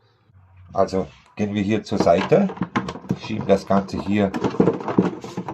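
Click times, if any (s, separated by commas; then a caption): none. A plastic side panel is being slid onto the housing of a Jura Impressa coffee machine during reassembly, to be pressed so its hooks latch at the front, working from back to front. Someone talks throughout while handling the panel. The clip ends before the panel goes home, and nothing has seated or clicked yet.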